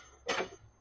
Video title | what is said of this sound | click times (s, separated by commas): Walk Through - 2024 Raptor Carbon 340 | and locks into place. | 0.3 s